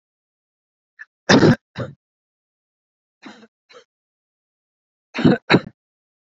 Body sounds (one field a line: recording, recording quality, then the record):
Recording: heavy voluntary cough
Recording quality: excellent, no background noise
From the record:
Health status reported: healthy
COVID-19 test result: negative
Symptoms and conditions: sore throat, fatigue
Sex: male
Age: 34 years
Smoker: yes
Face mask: not worn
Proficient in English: yes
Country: India